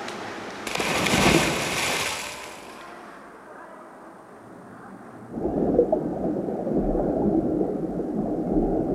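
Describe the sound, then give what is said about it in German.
Muffled underwater gurgling and rushing water as someone swims laps in a pool, starting with a bright hissing burst of bubbles, then fading before a steady, low churning swell takes over for the rest. “Unter Wasser kann niemand meine Gedanken lesen.”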